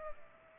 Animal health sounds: mosquito wingbeat signal from an infrared sensor; Culex pipiens

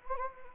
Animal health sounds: mosquito wingbeat signal from an infrared sensor; Anopheles gambiae

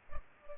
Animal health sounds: mosquito wingbeat signal from an infrared sensor; Culex pipiens

